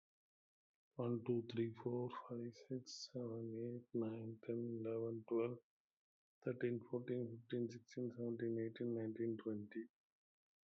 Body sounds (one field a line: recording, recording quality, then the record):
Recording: counting at a normal pace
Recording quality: excellent, no background noise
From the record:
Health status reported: healthy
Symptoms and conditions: hypertension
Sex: male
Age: 55 years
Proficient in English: yes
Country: India